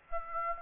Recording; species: mosquito wingbeat signal from an infrared sensor; Aedes aegypti